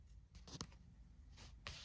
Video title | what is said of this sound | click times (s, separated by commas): Bentley shift cover | All right, so now I got everything snapped back in and locked back into place. | 0.6 s, 1.7 s